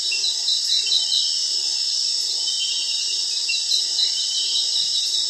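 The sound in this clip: Dense chorus of crickets with steady high trills and some pulsing, beating notes near the start, continuing without a break.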